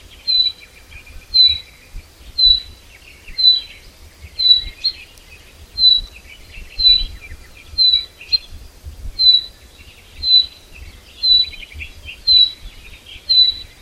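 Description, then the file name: Common chaffinch sounding a sharp, high call about once a second, many times in a row, with soft twitters below and a low hum. "Fringilla coelebs"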